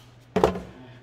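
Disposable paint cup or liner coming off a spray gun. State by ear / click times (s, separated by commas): released / 0.4 s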